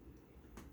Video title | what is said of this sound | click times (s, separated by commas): Dyson Ball Animal 2 (UP20) In-Depth Vacuum Review | bring it forward until you hear a click, | 0.6 s